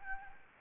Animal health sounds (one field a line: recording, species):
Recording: mosquito wingbeat signal from an infrared sensor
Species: Anopheles gambiae